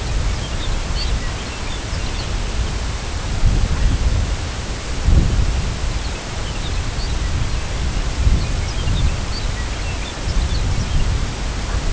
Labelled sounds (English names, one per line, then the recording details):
Lapland Longspur
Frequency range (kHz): Lapland Longspur 1.7-6.3 kHz
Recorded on Arctic tundra, site CORI-1, on 18 June 2018
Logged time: 04:00